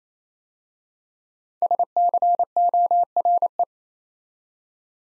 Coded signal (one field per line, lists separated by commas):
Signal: Morse code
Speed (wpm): 29 wpm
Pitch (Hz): 700 Hz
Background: none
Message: SCORE